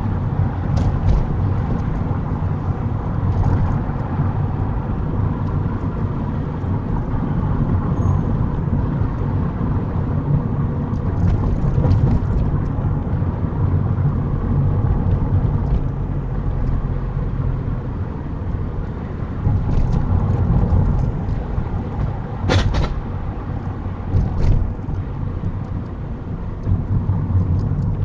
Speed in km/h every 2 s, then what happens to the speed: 37, 39, 40, 42, 42, 39, 37, 37, 35, 35, 37, 37, 34, 27.
0-22 steady at about 37. 22-28 slows to 27.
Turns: none.